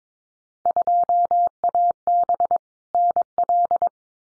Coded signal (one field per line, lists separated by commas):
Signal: Morse code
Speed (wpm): 22 wpm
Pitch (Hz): 700 Hz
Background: none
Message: 2AB NL